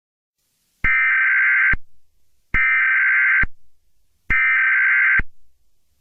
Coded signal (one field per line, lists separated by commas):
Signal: Emergency Alert System (SAME) tones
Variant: header bursts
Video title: EAS Scenario #11: Rainbow Rangers Attacks New Jersey II (REMASTERED)